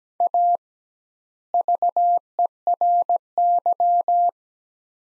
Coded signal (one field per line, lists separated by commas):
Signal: Morse code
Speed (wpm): 17 wpm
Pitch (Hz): 700 Hz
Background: none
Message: A VERY